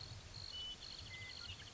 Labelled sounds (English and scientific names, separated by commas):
Western Meadowlark (Sturnella neglecta)